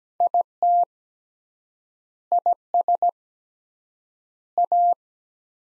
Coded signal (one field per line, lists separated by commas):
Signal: Morse code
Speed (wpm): 17 wpm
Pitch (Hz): 700 Hz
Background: none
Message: IT IS A